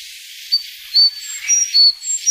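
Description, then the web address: Sakhalin leaf warbler song, a string of sharp, thin whistles stepping between three pitches, repeated twice against a faint hissing background. "sikioto. ezomushikui"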